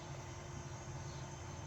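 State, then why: Not seated. A plastic cover panel on a portable dehumidifier, held by a retrofitted magnetic clip fix, is handled as it is pushed back toward the housing. A steady broadband hum with low tonal drone runs throughout, with no distinct click. Nothing has seated or clicked yet.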